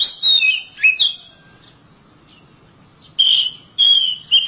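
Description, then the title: Oriental magpie-robin song: loud whistled phrases of sweeping notes in two bursts separated by a pause. "Suara Kicauan Burung Kacer"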